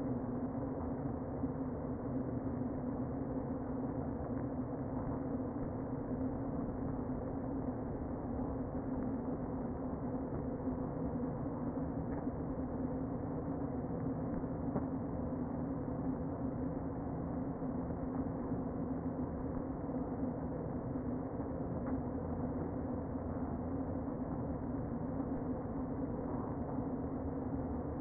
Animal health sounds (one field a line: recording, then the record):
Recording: honeybee colony, microphone inside the hive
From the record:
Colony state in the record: queen present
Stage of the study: before two queens were removed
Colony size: about 60,000 bees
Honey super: yes